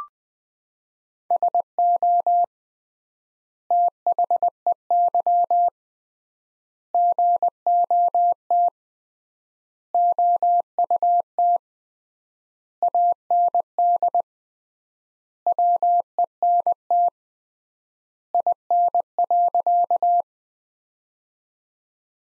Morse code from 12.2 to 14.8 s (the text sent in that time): AND